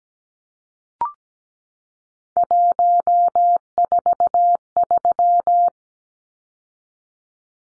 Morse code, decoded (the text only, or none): 143